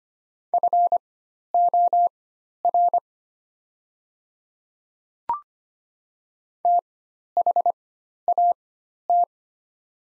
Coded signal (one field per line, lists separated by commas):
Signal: Morse code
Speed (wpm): 25 wpm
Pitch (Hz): 700 Hz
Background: none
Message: FOR THAT